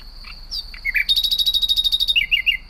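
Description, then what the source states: Common nightingale phrase: a few scattered chirps, then a rapid rattling trill of repeated notes, ending in short falling whistles over a faint high hum. Repeats a motif it likes and then modifies it slightly, as if composing; sings all night, day and night in spring and early summer, standing out more at night.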